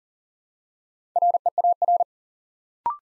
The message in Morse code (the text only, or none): REAR